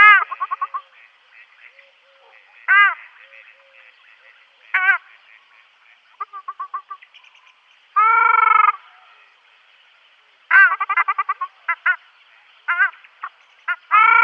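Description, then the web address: Ruddy shelduck giving many short nasal calls, some in quick stuttering runs, and one longer harsh honk, spaced irregularly throughout. "Ruddy Shelduck"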